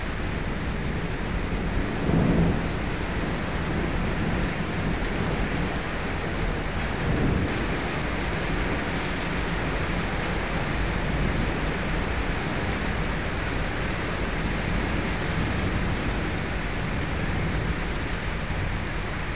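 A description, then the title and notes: Steady, dense rain drums on a roof throughout, with a low rumble of thunder swelling briefly near the start and again around seven seconds. Thunderstorm & Rain On Roof Noise.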